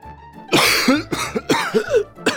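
Loud, ragged coughing from a professor lying down, in several uneven bursts, each harsh and breathy, with short gasping pauses between fits and no talking.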